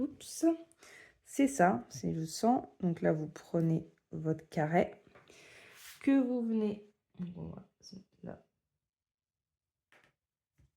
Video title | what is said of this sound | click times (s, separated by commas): Unboxing oraloa #2 : 1 er craquage pixel hobby 🤩.... | Ah oui, ça s'enclenche pas. | none